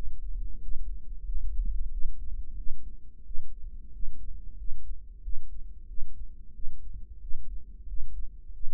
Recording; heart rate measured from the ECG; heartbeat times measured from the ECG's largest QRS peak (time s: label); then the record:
heart sounds by microphone in the right ear; 91 bpm
0.62 s: heartbeat
1.27 s: heartbeat
1.92 s: heartbeat
2.58 s: heartbeat
3.26 s: heartbeat
3.94 s: heartbeat
4.59 s: heartbeat
5.24 s: heartbeat
5.89 s: heartbeat
6.55 s: heartbeat
7.22 s: heartbeat
7.89 s: heartbeat
8.54 s: heartbeat
From the record:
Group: healthy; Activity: rest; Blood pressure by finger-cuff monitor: 140/85 mmHg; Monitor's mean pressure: 105 mmHg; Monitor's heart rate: 91 bpm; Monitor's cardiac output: 7.6 L/min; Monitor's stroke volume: 84 mL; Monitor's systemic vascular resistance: 1010 dyn s/cm5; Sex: male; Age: 21 years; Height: 175 cm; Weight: 72.6 kg